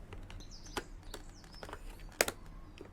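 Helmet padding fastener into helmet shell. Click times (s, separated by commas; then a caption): 2.2 s. On the first side, the bottom of a helmet's padding is locked, then the pad's press-stud fastener is pressed into the helmet shell. After a few faint ticks, a loud, sharp snap comes at 2.2 s, followed by a smaller click just after. The padding snaps in and is seated.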